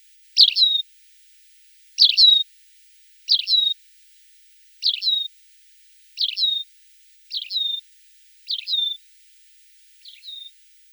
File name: Konek polevoj